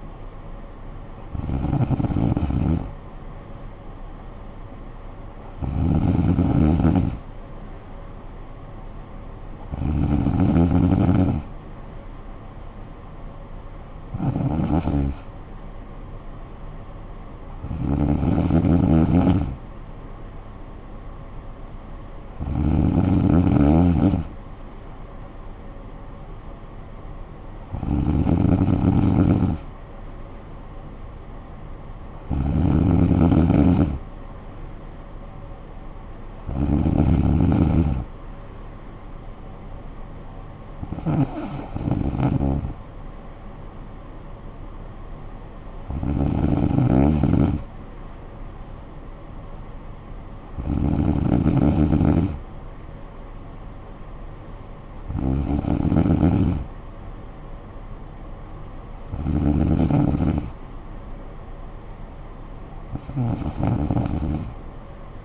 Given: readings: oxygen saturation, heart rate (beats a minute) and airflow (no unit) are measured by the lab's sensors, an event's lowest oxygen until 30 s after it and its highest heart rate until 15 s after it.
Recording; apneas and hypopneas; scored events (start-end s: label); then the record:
breathing in sleep by a smartphone at the bedside; none
none scored
From the record:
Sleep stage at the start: N3 (deep sleep); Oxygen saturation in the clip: 95 to 96%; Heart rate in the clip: 52 to 58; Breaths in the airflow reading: 15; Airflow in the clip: -9.8 to 7.0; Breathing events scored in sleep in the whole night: 445 in 7.6 hours asleep